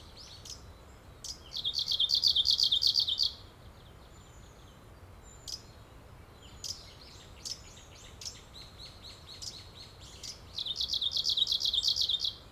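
Bird song with fast, bright high-pitched chirpy phrases of about two seconds, repeated after a pause, with sharp isolated clicks and notes in the gaps.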